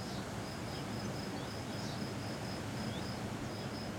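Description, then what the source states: Cicada song of evenly spaced high buzzy pulses, steady throughout, over heavy low wind noise. Single cicada hiding in the recordist's garden all week; recorded on a day of constant mistral wind blowing through a pine tree.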